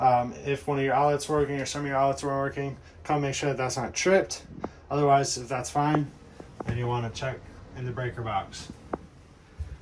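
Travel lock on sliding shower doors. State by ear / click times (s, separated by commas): seated / 8.9 s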